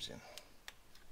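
A wiring harness connector is handled at a fuel injector as it is about to be pushed on, with faint short handling ticks near 0.7 s and 1.0 s while someone talks briefly at the start. The connector has not seated or clicked in yet.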